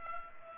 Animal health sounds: mosquito wingbeat signal from an infrared sensor; Culex pipiens

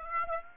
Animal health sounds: mosquito wingbeat signal from an infrared sensor; Aedes aegypti

